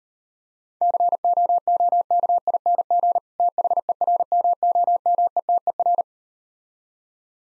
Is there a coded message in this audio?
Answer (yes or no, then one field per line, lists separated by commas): yes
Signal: Morse code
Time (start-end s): 0.8-6.0 s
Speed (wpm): 38 wpm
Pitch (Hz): 700 Hz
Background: none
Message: COOKING THERMOMETER